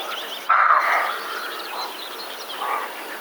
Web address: wroblowe kolekcja capreolus capreolus